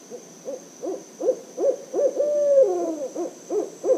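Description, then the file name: Barred owl hooting in a rapid, uneven series of low hoots, broken by one long drawn-out note before the hoots resume. Series of song recorded at Myakka City, Florida. "chouette-rayecc 81 e-chant-series-myakka-city-fl-richard-pecc 81 loquin"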